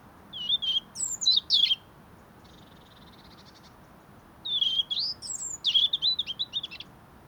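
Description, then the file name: European robin singing two bursts of high, thin warbled phrases with quick rising and falling notes, separated by a pause with a faint buzzy trill between them. "Erithacus rubecula"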